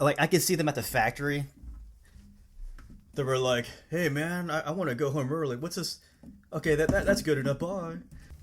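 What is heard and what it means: Someone talks while handling a NECA Lasershot Predator action figure, working its plastic head back onto its neck peg. The head has not seated or clicked into place yet by the end of the clip.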